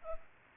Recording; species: mosquito wingbeat signal from an infrared sensor; Culex pipiens